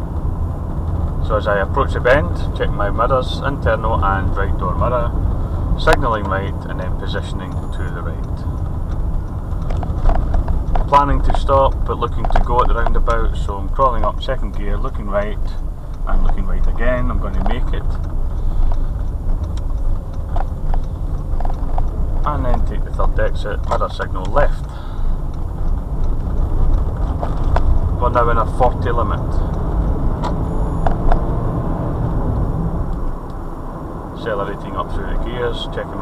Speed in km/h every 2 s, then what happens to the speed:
31, 32, 31, 29, 26, 19, 16, 13, 16, 19, 16, 15, 19, 31, 37, 44, 45, 47.
0-5 steady at about 31. 5-14 slows to 13. 14-17 speeds up to 19. 17-22 steady at about 16. 22-36 speeds up to 47.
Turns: 17-24.